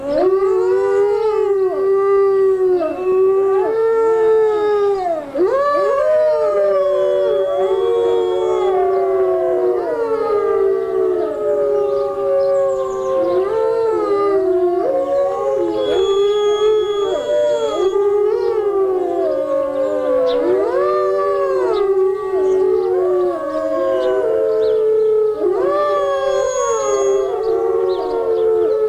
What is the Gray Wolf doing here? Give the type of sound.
howling